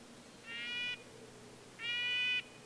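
Red-breasted nuthatch uttering two drawn-out nasal, tinny honks a little over a second apart.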